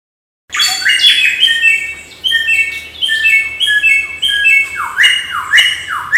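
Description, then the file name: Samyong song, a jumbled mix of chirps and squeaky notes, ending in a run of clear downward-sweeping whistles. Used as tutor audio for training magpie-robins. "audio burung samyong untuk masteran murai batu omkicau"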